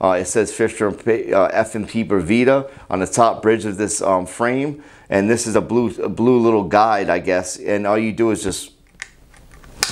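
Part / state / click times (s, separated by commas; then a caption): nasal pillow cushion into CPAP mask frame / seated / 9.8 s. Someone talks while holding a CPAP mask frame marked Fisher FMP or Vita on its top bridge, then clips the nasal pillow cushion back into the plastic frame, lining it up by a small blue guide. A few faint handling ticks lead into a sharp snap at 9.8 s as the cushion seats in the frame.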